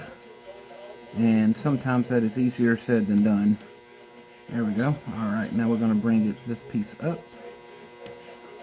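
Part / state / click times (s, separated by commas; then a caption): clock movement part locking onto the count wheel assembly on the front plate / seated / 8.1 s. During an ogee clock movement rebuild, a piece is brought up onto the count wheel assembly on the front plate. Someone talks over a low background hum, then a single sharp click is heard at 8.1 s as the piece locks in place.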